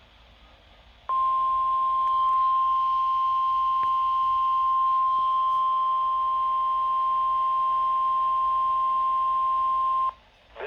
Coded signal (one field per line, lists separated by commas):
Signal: Emergency Alert System (SAME) tones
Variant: 1050 Hz attention tone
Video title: Required Weekly Test... Test from 8/25/21 (EAS #743)